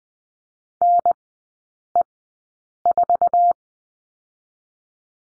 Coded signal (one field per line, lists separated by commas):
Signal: Morse code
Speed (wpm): 20 wpm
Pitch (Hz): 700 Hz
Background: none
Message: NE4